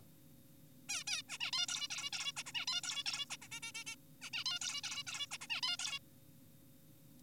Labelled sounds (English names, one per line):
Zebra Finch